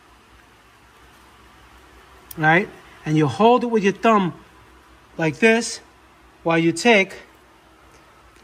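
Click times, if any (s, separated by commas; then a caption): none. A wire wrist-pin circlip is angled into the groove of a piston's pin bore and held with the thumb while a piston is assembled onto a connecting rod for a Toyota 2AZ-FE 2.4L engine, before a screwdriver pushes its edge home. Someone talks over quiet handling with no click. The circlip has not seated yet.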